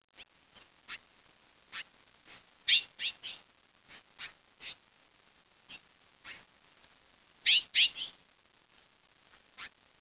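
Bird calls: scattered sharp chirps, with two louder clusters of rapid rasping notes and quieter single chirps in between.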